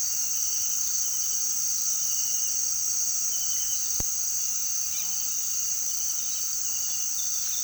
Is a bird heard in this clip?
no